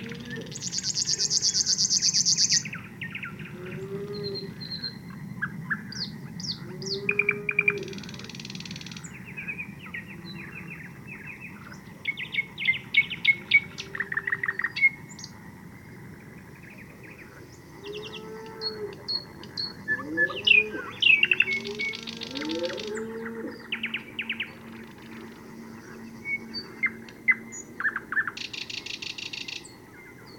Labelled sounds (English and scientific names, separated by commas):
River Warbler (Locustella fluviatilis) song